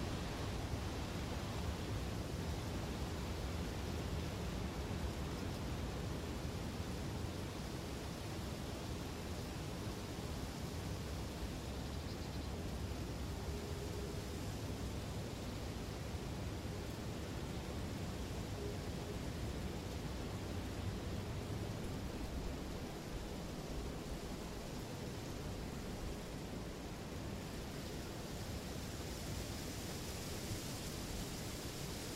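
A calm wind blows steadily, a dense, even rush that holds its level for the whole stretch, weighted toward low rumble with a softer hiss above. There are no sharp events; the texture just churns on, easing slightly brighter near the end.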